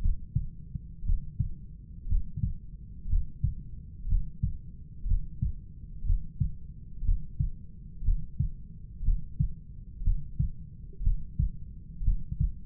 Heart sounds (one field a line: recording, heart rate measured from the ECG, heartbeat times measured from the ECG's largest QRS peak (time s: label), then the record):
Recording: heart sounds by stethoscope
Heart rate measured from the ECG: 60 bpm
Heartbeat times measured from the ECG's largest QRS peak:
0.02 s: heartbeat
1.06 s: heartbeat
2.09 s: heartbeat
3.09 s: heartbeat
4.09 s: heartbeat
5.07 s: heartbeat
6.06 s: heartbeat
7.05 s: heartbeat
8.05 s: heartbeat
9.04 s: heartbeat
10.04 s: heartbeat
11.03 s: heartbeat
12.04 s: heartbeat
From the record:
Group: heart failure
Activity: breath hold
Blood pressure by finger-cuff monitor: 114/81 mmHg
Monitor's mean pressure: 91 mmHg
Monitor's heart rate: 59 bpm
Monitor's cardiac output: 5.1 L/min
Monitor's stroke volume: 86 mL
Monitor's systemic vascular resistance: 1320 dyn s/cm5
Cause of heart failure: idiopathic cardiomyopathy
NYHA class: 1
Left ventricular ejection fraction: 50%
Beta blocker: bisoprolol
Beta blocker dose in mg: 5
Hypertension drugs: candesartan, spironolactone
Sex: male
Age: 54 years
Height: 180 cm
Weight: 94.6 kg